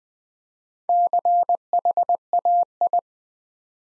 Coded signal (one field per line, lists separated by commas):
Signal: Morse code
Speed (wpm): 20 wpm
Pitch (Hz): 700 Hz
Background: none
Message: CHAI